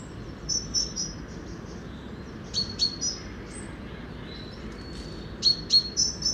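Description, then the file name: Great tit with brisk high chirps in close pairs and short whistled notes, repeating in clusters over faint continuous background noise. "Parus major"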